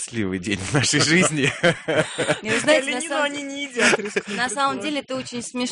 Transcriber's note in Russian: смеется